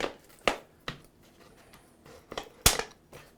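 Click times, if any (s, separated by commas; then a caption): 0.5 s, 2.7 s. A fabric hood with magnetic strips sewn into its lining is brought up to the metal frame around the beam splitter of an Ikan PT-Elite Pro 2 teleprompter and snaps onto it. Sharp magnetic clacks ring out at 0.5 s and 2.7 s, with softer knocks between them. The hood is seated in place.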